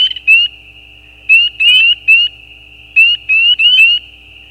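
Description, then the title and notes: Spring peeper peeps: high, sharp, rising notes, some in quick succession, separated by short pauses, over a steady faint hum. Mating calls of peeper frogs, given as individual calls with gaps; recorded at night at the side of a gravel road. "Peepers peeping. Peeper frogs mating calls - the calls are more individual with gaps in the recording. Recorded at the side of a gravel road at night. Recorded by Anton Pickard. Part of the Music for Sleep project"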